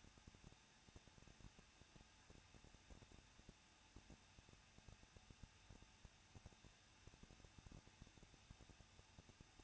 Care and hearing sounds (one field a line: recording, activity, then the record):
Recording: daily activity, microphone in the room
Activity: no activity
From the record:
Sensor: 2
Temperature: 21.0 degrees Celsius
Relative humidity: 37.4%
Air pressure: 1006.2 hPa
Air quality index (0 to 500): 222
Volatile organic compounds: 24 ppm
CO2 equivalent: 2812 ppm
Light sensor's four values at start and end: 2/3/2/2 and 2/3/2/2